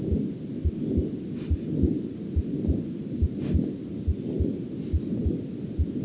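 Regular paired heart sounds at about 70 beats a minute, heard on auscultation of an adult, with steady low rumbling noise throughout.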